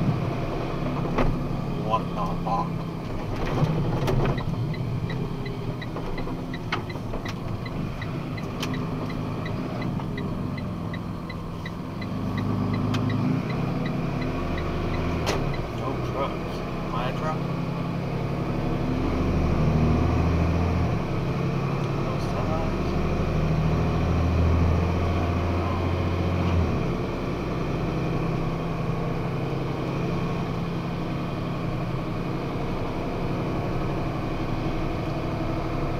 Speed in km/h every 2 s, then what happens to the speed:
35, 29, 22, 19, 19, 13, 16, 21, 25, 30, 34, 40, 44, 47, 49, 50, 51, 53.
0-11 slows to 13. 11-36 speeds up to 53.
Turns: 5-10.